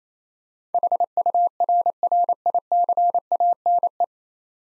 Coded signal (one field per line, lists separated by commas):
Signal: Morse code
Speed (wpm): 27 wpm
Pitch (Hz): 700 Hz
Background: none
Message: HURRICANE